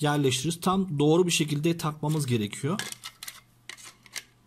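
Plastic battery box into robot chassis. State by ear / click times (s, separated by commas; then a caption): seated / 3.7 s. Someone talks for about the first three seconds, then a plastic battery box is pushed into its slot in the chassis of a Makeblock mBot 2.4G robot. Short plastic clicks and taps follow near 3.2 and 3.3 seconds, then a sharp click at 3.7 seconds as the box seats fully, with a few lighter taps after it around 4.1 and 4.2 seconds.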